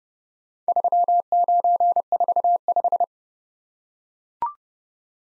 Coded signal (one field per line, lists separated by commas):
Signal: Morse code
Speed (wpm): 30 wpm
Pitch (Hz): 700 Hz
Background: none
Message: 3945